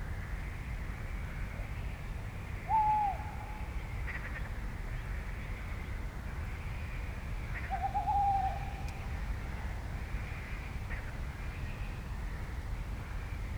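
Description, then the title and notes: Tawny Owl giving two hooting notes about five seconds apart, the second longer and slightly wavering, over a steady frog chorus and low rumble. At night around 01:30, sound trap at the Roselière des Gourgues reedbed, Fenouillet, France; reedbed fallen silent, frog chorus moved into the distance, probably on the lake. "42 Rue des Gourgues, 31150 Fenouillet, France - Piège à son : une nuit à lécoute de la Roselière des Gourgues. Sur la roselière enfin silencieuse résonne le cri de la chouette hulotte"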